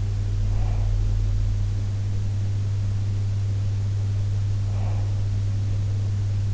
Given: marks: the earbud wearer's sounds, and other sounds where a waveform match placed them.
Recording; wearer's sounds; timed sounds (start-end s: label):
sounds in sleep by an in-ear microphone; breath
0.44-1.42 s: breath
4.33-5.43 s: breath